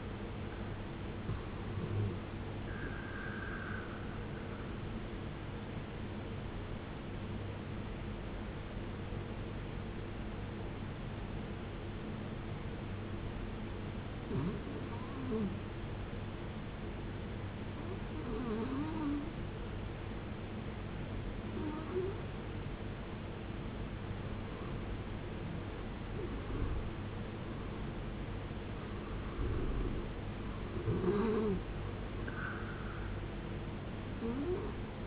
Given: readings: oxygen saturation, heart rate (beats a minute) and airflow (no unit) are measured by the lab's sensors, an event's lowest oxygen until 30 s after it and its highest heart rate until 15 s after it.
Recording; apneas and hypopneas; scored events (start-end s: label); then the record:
breathing in sleep by a voice recorder at the bedside; 1
6.00-28.30 s: hypopnea (N1, oxygen 95% highest, then 86% lowest, heart rate 55 at the start, 75 highest)
29.00-35.06 s: new sleep stage, N2 (light sleep)
From the record:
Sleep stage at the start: N1 (lightest sleep); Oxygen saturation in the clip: 76 to 95%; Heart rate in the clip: 55 to 76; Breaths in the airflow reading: 6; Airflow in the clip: -11.8 to 12.3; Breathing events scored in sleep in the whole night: 389 in 6.3 hours asleep